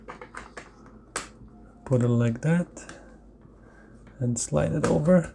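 A plastic part is being handled and slid over into position on the housing of a Kangen K8 water ionizer during cleaning. Short tapping and handling sounds are heard at the start, with a sharper knock at 1.2 s, and someone talks. Nothing has seated or clicked yet.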